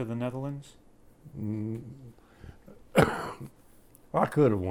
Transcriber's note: coughs